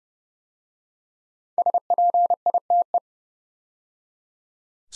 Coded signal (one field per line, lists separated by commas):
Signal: Morse code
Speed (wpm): 30 wpm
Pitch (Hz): 700 Hz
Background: none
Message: SPITE